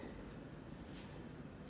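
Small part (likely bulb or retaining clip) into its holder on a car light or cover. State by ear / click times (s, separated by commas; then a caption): not seated / none. A small part, likely a bulb or retaining clip of plastic or metal, is handled and pushed toward its holder while working on a Nissan cam cover area of a car. Low, steady handling rustle fills the clip, with a brief sharp sound right at the end near 1.7 s. Nothing has seated or clicked yet.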